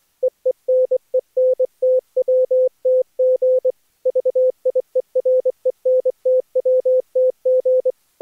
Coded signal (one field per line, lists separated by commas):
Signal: Morse code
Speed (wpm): 18 wpm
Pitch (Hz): 510 Hz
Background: none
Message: EENENTWTG VIERENTWTG